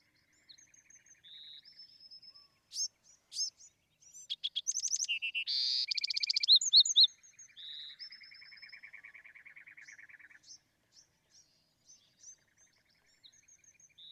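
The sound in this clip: Bewick's wren singing a varied phrase that builds from thin whistles to a loud buzzy burst, then a long, lower rattling trill and scattered soft notes.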